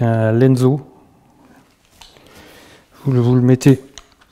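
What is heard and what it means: Someone talks while handling a Lenzo camera-holster waist belt with a plastic side-release buckle, with faint handling rustles and small ticks between the speech. The belt is being brought toward the waist, but the buckle has not been clipped shut yet and nothing has clicked.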